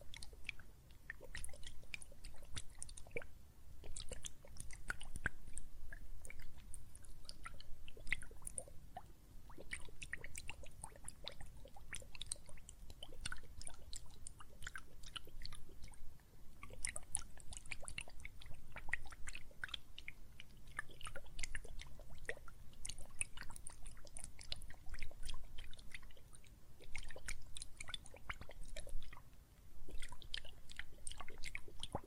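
Soapy water foam crackles and fizzes steadily for the whole stretch, a dense mass of tiny wet pops and bursting bubbles with a bright, hissy edge. A soft low rumble sits underneath, and the popping thins out briefly around 16 and 29 seconds.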